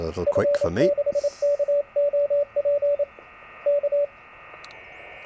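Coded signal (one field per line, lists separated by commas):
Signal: Morse code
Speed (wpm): 28 wpm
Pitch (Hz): 580 Hz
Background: speech, radio noise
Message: F6KOP K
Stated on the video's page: Portable Delta Loop antenna; poor band conditions.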